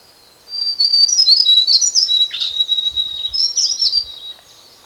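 White-browed shortwing delivering a hurried, high-pitched warbling song of tangled notes and short whistles, lasting about four seconds.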